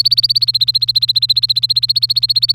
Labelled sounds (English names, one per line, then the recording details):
Domestic Canary song
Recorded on 3 May 2018 at 13:33
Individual llb3